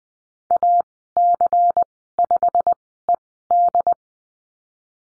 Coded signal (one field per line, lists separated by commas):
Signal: Morse code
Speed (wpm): 19 wpm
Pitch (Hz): 700 Hz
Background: none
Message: AC5ED